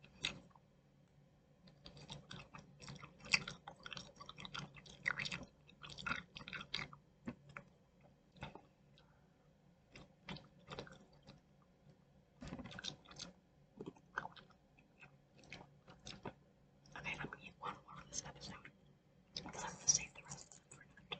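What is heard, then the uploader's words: Someone eats a chewy candy, with wet, sticky chewing and smacking sounds that come in irregular bursts throughout. Sharper crinkles and crisp bites flare up now and then, and a low, steady hum sits underneath. I ate some air heads extremes using my new blue yeti mic! Eating air heads extremes.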